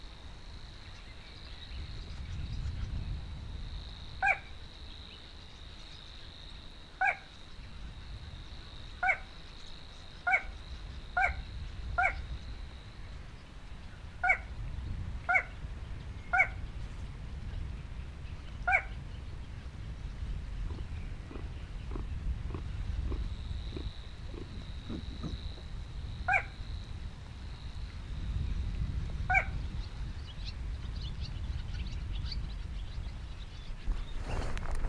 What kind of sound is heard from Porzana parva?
song